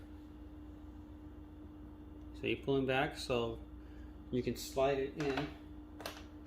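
Someone talks while pulling back the plastic tabs on the top housing of an iRobot Roomba i-Series robot vacuum to slide the carry handle in, with brief handling taps near the end. The handle has not seated or snapped into the tabs yet.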